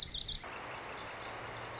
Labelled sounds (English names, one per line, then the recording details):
Lazuli Bunting
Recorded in Sonoma County, California